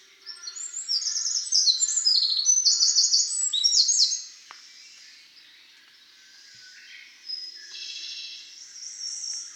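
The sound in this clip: Eurasian wren singing a loud, rapid, high-pitched run of trills and twittering notes for about four seconds, then a shorter, quieter burst of song later.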